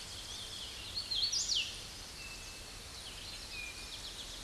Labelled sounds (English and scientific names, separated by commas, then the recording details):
Hooded Warbler (Setophaga citrina) song
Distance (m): 10 m
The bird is about 5 m above the microphone
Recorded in a Pennsylvania forest on 16 May 2024 at 07:48
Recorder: AudioMoth, point MSD-2181
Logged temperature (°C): 12.8 °C
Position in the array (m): 154 m, 107 m